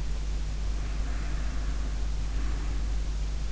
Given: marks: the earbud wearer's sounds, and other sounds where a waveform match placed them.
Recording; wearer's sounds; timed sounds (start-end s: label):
sounds in sleep by an in-ear microphone; breath
0.49-3.46 s: breath